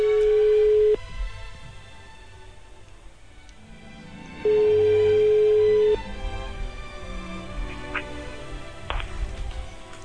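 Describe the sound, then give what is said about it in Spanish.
A telephone ringback tone sounds twice as a mobile phone is dialed for a live call on the Los 40 Principales radio show, each a loud, steady low-pitched beep lasting about a second or more, separated by a long pause filled with faint line noise. “Bueno, pues estamos marcando el teléfono”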